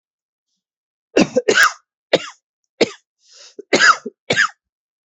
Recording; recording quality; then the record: heavy voluntary cough; excellent, no background noise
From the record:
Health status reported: healthy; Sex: male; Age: 35 years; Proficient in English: yes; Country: India